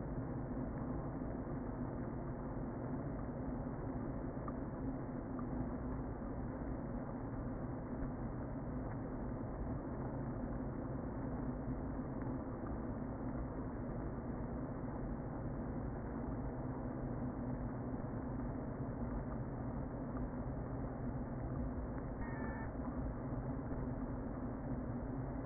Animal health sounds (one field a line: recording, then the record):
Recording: honeybee colony, microphone inside the hive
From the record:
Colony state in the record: queen present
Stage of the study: before two queens were removed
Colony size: about 60,000 bees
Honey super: yes